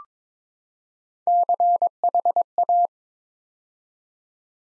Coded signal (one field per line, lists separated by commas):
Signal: Morse code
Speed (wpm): 22 wpm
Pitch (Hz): 700 Hz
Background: none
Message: CHA